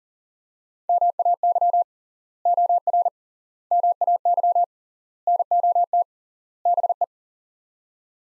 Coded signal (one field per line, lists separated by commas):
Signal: Morse code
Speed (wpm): 40 wpm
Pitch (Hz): 700 Hz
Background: none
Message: MAY OR MAY NOT BE